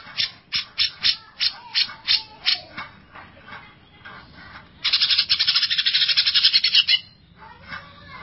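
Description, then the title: Leafbird calls: a series of sharp, evenly spaced notes, then a loud harsh rattling burst lasting about two seconds, followed by a few softer chirps. "Cucak ijo"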